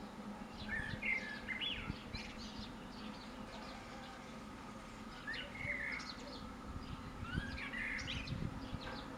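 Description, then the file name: Common blackbird song, with short mellow whistled phrases that break into brief high chittering notes, given about three times with pauses between, over steady low rumble. "Turdus merula"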